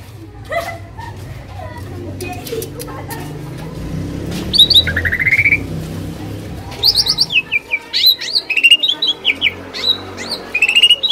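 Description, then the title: Asian pied starling song: harsh rattling notes and bright chirps, becoming a rapid run of clipped whistles near the end, with low hum early on. Training recording for songbirds that sing too little or are sluggish. "Masteran Jalak Suren Atasi Burung KURANG GACOR Dan LOYO"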